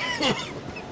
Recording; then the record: coughing mixed with background sound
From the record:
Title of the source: Dry Afternoon Cough